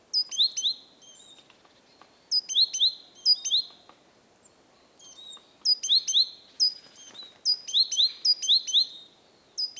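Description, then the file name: Great tit calls: short bursts of three or four high, sharp notes, repeated every second or two, with faint background hiss. "Parus major"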